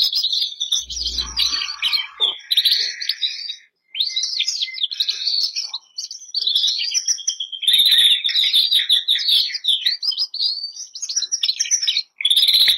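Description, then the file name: Canary song, long fast warbling with sweeping chirps, trills and brief pauses, sustained throughout. "canto do canario bernois"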